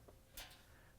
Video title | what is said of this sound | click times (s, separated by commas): GE Dishwasher Control Board Jumper Wire WD21X23559 Replacement | All you have to do is plug it in, make sure it snaps into place, and we're | 0.4 s